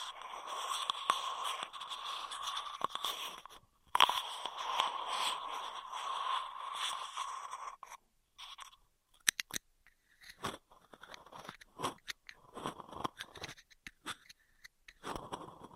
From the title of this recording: Intense Straw Triggers